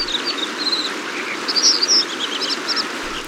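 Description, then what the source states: American dipper song: bright, high twittering notes in quick bursts. Also called water ouzel; small gray bird nesting behind waterfalls in June, feeding young, bobbing in tumbling creeks and pausing while feeding to sing a rapturous, cascading song.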